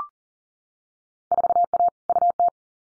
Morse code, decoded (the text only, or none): 4A UT